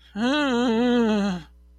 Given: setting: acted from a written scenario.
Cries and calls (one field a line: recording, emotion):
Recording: vocal sound without words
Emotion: fear